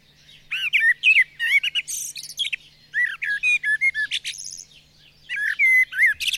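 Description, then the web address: Bird singing a fast, varied medley of upslurred whistles, clicks and buzzy trills in rapid phrases, pausing briefly before resuming. "madarak enek"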